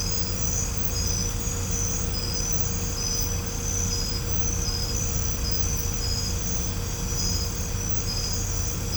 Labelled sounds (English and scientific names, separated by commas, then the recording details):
none
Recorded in pastures near Puerto Asís, Putumayo, Colombia, on 16 December 2024 at 22:00
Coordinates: 0.505, -76.324
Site G063